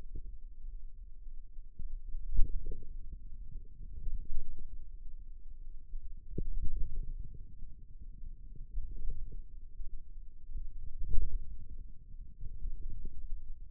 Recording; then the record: forearm muscle sounds (acoustic myography)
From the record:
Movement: ulnar deviation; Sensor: system 2, bracelet of six BSWA MPA416 microphones around the upper forearm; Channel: 3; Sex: male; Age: 22 years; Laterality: right